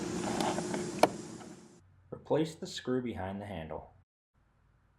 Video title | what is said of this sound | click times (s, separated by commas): Full Tow Mirror Install: (2009-2018 Dodge Ram) 2015+ Style GM Tow Mirrors - Boost Auto Parts | ahead and put the handle bezel back on here and it'll snap right into place. | 1.0 s